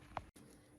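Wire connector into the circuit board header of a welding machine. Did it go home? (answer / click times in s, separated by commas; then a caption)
yes / 0.2 s. A wire connector is pushed into its header on the circuit board of a welding machine and clips in with a single sharp click at 0.2 s. The connector is seated. A brief dropout follows, then quiet background noise.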